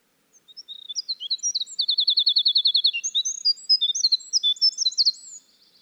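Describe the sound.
Winter wren singing a rapid, high-pitched run of twittering notes and a steady fast trill, bubbling on for about five seconds before stopping.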